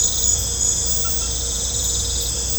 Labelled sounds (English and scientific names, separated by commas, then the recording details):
none
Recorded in pastures near Puerto Asís, Putumayo, Colombia, on 16 December 2024 at 20:00
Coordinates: 0.502, -76.324
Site G077